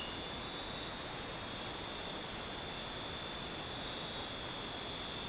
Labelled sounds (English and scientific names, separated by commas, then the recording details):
none
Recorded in dense forest near Puerto Asís, Putumayo, Colombia, on 29 June 2025 at 00:00
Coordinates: 0.484, -76.317
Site G045